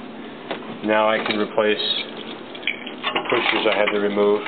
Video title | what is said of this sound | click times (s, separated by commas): CVS NRT RETROFIT | that in the hole and push that down until i hear the click | 0.5 s